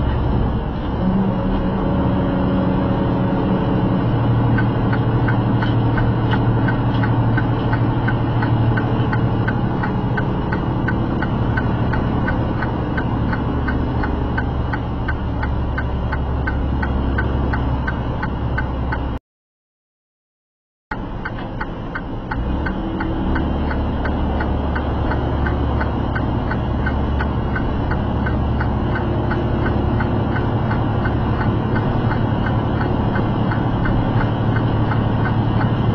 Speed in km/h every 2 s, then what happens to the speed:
84, 84, 82, 82, 81, 79, 77, 74, 72, 69, 64, 60, 60, 58, 58, 60, 60, 61.
0-11 steady at about 82. 11-22 slows to 60. 22-36 steady at about 60.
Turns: none.